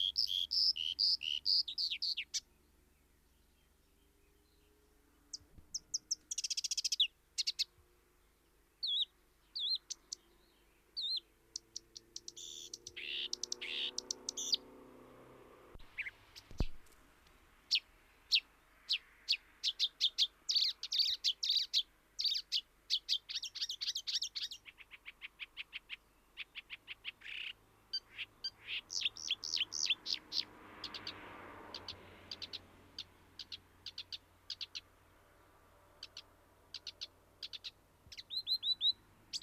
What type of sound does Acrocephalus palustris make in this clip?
song